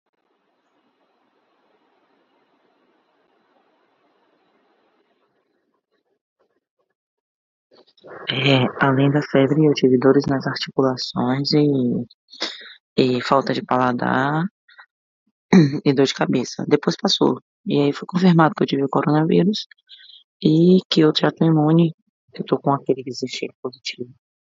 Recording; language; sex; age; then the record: spoken sentence; Brazilian Portuguese; female; 30 to 39 years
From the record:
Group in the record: control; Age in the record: 38 years